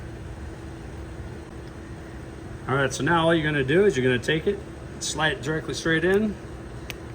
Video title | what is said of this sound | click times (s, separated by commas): Replacing the Passenger Side License Plate Light on a Jeep Renegade. | until it locks into place. | 6.9 s